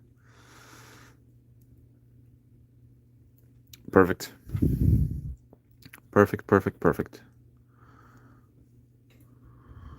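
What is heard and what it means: A plastic closing piece is handled against a model kit assembly to close it up, with a few short plastic taps and rustles while someone talks. The piece has not seated or clicked home yet when the clip ends.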